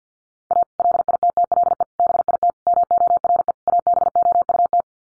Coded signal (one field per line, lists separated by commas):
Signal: Morse code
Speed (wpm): 50 wpm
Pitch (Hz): 700 Hz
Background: none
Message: A LITTLE BIT MORE ABOUT